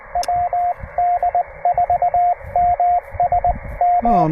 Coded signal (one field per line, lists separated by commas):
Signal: Morse code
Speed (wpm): 22 wpm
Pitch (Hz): 700 Hz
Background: radio noise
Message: WD4MSM